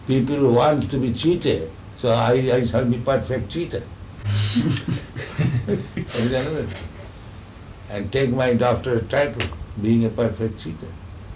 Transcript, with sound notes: that people want to be cheated, so I shall be perfect cheater. [laughter] That is another thing. And take my doctorate title, being a perfect cheater.